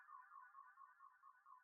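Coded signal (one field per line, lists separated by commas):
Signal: none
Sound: sci-fi bleep sound effect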